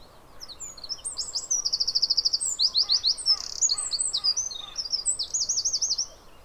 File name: Troglodytes troglodytes